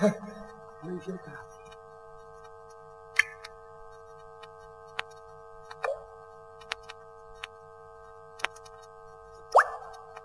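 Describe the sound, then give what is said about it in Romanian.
Water drips from the ceiling through a leak in single, irregular plops, roughly one every second or so, over a steady low tonal hum, after a brief voice at the start. “E că uite, a început să picure din tavan.”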